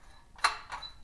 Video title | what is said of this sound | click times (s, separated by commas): MetalTech SCAFFOLD Build & Review | you do is pull it in until it locks into place | 0.4 s